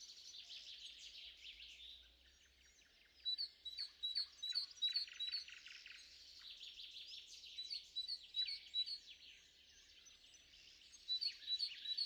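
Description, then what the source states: Birds singing together: dense twittering and buzzy trills overlapped by a higher bird repeating short sharp whistled notes in quick bursts. Morning bird trio.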